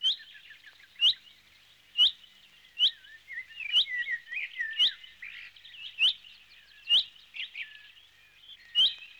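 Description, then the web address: Bird calls: a sharp, high note repeated about once a second, with softer warbling and twittering in between. "audio animali uccelli 03 uccelli birds 08"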